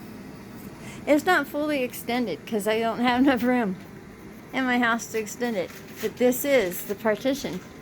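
Someone talks while handling the removable room-divider partition for an Ozark Trail 10-Person Dark Rest Instant Cabin Tent, which is not fully extended for lack of room in the house. The partition's clip is meant to fit into the tent's ceiling frame. Nothing has seated or clicked yet.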